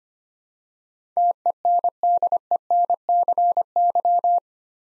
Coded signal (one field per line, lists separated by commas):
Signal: Morse code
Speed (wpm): 25 wpm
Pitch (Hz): 700 Hz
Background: none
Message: TENDENCY